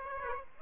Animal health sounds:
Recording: mosquito wingbeat signal from an infrared sensor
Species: Aedes aegypti

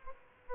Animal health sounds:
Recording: mosquito wingbeat signal from an infrared sensor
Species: Aedes albopictus

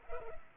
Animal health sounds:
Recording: mosquito wingbeat signal from an infrared sensor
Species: Culex pipiens

